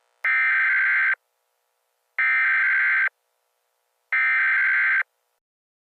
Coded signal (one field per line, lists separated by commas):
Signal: Emergency Alert System (SAME) tones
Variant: header bursts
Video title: EAS Scenario - The Biggest Blizzard In History